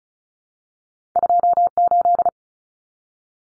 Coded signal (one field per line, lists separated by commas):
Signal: Morse code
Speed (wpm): 34 wpm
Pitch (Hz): 700 Hz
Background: none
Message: 28